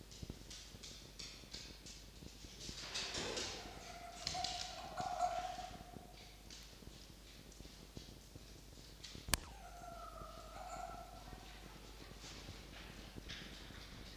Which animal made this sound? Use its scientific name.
Vulpes vulpes